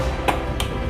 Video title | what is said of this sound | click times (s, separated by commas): Amma's Thoothukudi style mutton chukka. Anbudan Malar/ mutton சுக்கா அன்புடன் மலர் | lock ஆகிடுச்சு. | 0.6 s